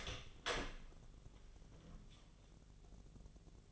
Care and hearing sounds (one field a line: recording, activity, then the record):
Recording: daily activity, microphone in the room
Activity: open door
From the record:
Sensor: 4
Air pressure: 1001.3 hPa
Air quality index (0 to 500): 183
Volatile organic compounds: 2 ppm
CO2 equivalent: 1307 ppm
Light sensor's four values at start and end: 16/39/16/16 and 15/34/14/14